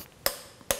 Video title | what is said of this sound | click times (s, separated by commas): Как без страха собрать любой мотор | нифига себе, щелкнуло наконец. Нормально. | 0.3 s, 0.7 s